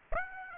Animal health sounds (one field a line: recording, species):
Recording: mosquito wingbeat signal from an infrared sensor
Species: Aedes aegypti